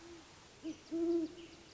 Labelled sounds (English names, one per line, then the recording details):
Great Horned Owl
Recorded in Sonoma County, California